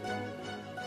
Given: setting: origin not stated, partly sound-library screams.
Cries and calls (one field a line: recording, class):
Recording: one-second piece from a danger detection set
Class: normal situation